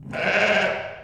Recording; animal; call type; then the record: contact call of a hoofed animal; sheep; low-frequency (closed-mouth) or high-frequency (open-mouth) call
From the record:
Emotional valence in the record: negative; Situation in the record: short social isolation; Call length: 1.04 s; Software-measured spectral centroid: 2000 Hz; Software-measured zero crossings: 2460 a second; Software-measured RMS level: -23 dBFS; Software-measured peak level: -7 dBFS